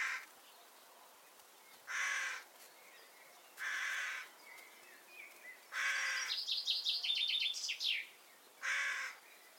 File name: Corvus corone